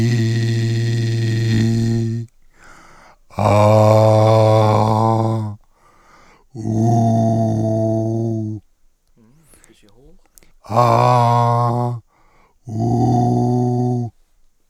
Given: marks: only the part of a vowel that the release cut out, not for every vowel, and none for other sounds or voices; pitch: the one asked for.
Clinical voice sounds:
sustained vowels; male; 40 to 49 years; 2; 1; 2
0.00-1.59 s: vowel /i/, normal pitch
3.91-5.34 s: vowel /a/, normal pitch
6.83-8.37 s: vowel /u/, normal pitch
10.82-11.68 s: vowel /a/, high pitch
12.85-13.93 s: vowel /u/, high pitch
From the record:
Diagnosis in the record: recurrent laryngeal nerve paralysis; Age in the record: 44 years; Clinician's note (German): Alte nach Lungen-CA-OP, Lobektomie links mit Kompensation

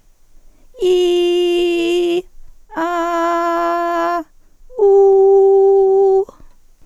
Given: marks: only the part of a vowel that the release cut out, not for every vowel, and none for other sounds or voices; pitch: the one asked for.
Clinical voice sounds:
sustained vowels; female; 50 to 59 years; 0; 0; 0
0.90-2.11 s: vowel /i/, high pitch
2.84-4.10 s: vowel /a/, high pitch
4.89-6.10 s: vowel /u/, high pitch
From the record:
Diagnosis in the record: hyperfunctional dysphonia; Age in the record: 57 years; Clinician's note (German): Leichte Tendenz dazu mit Teleangieektasien

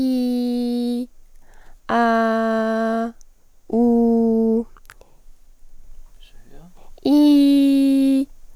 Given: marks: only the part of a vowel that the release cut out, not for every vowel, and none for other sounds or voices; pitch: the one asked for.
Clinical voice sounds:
sustained vowels; female; 20 to 29 years; 0; 0; 0
0.00-0.92 s: vowel /i/, normal pitch
2.05-2.90 s: vowel /a/, normal pitch
3.85-4.51 s: vowel /u/, normal pitch
7.17-8.10 s: vowel /i/, high pitch
From the record:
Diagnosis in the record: healthy voice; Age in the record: 21 years

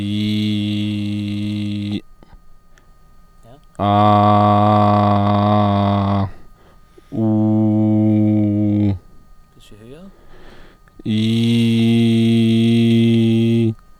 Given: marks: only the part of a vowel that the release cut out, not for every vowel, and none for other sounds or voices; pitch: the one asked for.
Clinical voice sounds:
sustained vowels; male; 20 to 29 years; 0; 0; 0
0.00-1.89 s: vowel /i/, normal pitch
3.96-5.84 s: vowel /a/, normal pitch
7.24-8.83 s: vowel /u/, normal pitch
11.42-13.36 s: vowel /i/, high pitch
From the record:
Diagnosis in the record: healthy voice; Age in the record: 28 years

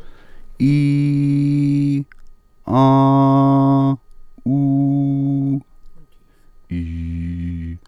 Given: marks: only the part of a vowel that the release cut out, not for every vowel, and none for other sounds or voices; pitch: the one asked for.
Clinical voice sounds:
sustained vowels; male; 30 to 39 years; 0; 0; 0
0.70-1.91 s: vowel /i/, high pitch
2.79-3.88 s: vowel /a/, high pitch
4.52-5.50 s: vowel /u/, high pitch
6.77-7.64 s: vowel /i/, low pitch
From the record:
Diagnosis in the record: healthy voice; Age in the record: 38 years

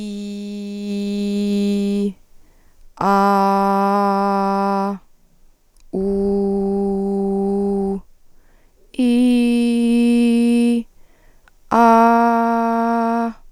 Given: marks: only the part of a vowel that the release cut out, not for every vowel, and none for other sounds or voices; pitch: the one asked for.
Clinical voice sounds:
sustained vowels; female; 30 to 39 years; 0; 0; 0
0.00-1.96 s: vowel /i/, normal pitch
3.21-4.72 s: vowel /a/, normal pitch
6.13-7.80 s: vowel /u/, normal pitch
9.12-10.66 s: vowel /i/, high pitch
12.09-13.16 s: vowel /a/, high pitch
From the record:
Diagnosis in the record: psychogenic dysphonia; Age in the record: 33 years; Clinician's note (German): Mit Tendenz zu Laryngospasmus

